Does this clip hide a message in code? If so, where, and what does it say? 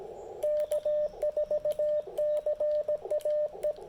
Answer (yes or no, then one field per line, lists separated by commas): yes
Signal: Morse code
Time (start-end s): 0.4-3.7 s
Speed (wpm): 17 wpm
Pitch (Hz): 600 Hz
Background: radio noise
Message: K4CAE